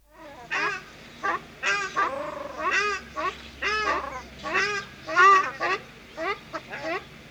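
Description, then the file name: Ruddy shelduck honking, a dense series of nasal, bending notes from possibly more than one bird, with a low steady hum beneath. Recorded at a zoo. "Artis, casarca - Sound Cloud - Beeld en Geluid"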